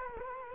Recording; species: mosquito wingbeat signal from an infrared sensor; Culex quinquefasciatus